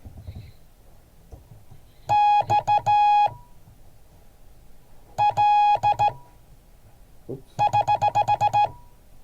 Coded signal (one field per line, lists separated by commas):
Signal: Morse code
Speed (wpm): 14 wpm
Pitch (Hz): 830 Hz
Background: none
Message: XL<HH>